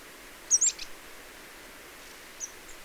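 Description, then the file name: Marsh tit call: a brief, sharp cluster of high chirped notes followed by faint, short squeaks, over quiet background hiss. "Poecile palustris"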